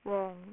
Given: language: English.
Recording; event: throat vibration sensor signal played as sound; speech